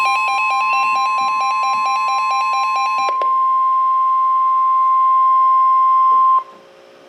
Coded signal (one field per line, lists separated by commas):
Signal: Emergency Alert System (SAME) tones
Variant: 1050 Hz attention tone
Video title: Severe Thunderstorm Warning on KEC56 (EAS #1107)